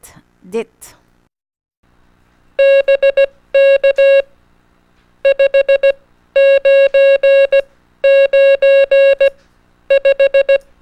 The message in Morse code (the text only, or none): BK 599 5